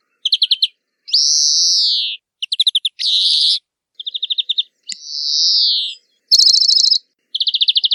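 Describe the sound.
European greenfinch song alternating quick trills with long arched wheezy notes and harsher buzzy bursts.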